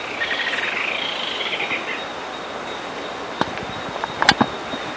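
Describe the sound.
Bird giving a quick chattering series of high notes for under two seconds, followed by scattered clicks and knocks over a steady hiss.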